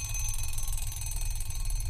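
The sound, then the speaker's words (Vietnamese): An alarm clock rings continuously, a rapid, high-pitched pulsing buzz over a steady low hum, with no voices. “Lại là cái âm thanh khủng khiếp đó. Oanh giật bắn người dậy, tắt chọi cái đồng hồ.”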